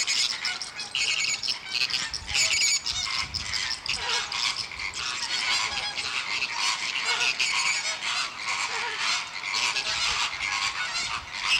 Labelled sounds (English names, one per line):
Chilean Flamingo call